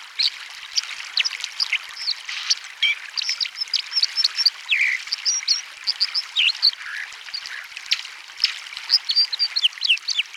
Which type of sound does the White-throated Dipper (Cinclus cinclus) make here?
song